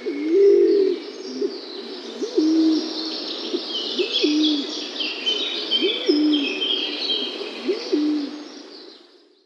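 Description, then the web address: Laurel pigeon display: a low, rolling coo, then several hooked coos at regular intervals, over steady high twittering in the background. Male bird in display. "Schulze Peter Laurel Pigeon"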